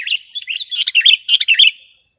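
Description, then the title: Sooty-headed bulbul song: a rapid, continuous run of liquid chirps and warbles, some notes sharper and brighter, ending abruptly. "kutilang"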